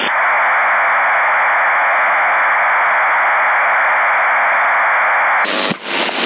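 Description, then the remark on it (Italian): A steady, loud rush of CB radio static hisses without a break for several seconds, then briefly stutters and drops out near the end. No one speaks. “Si sente un... sembra un flusso d'atti, sembra, un fruscio.”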